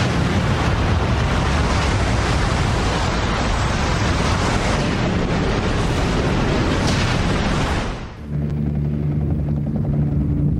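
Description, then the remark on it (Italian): A huge wave of water, as high as a mountain, rushes with a loud, dense, unbroken roar for about eight seconds, then cuts off abruptly into a low, steady humming drone. “Poi un'onda d'acqua alta come una montagna.”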